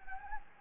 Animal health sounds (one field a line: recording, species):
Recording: mosquito wingbeat signal from an infrared sensor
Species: Anopheles gambiae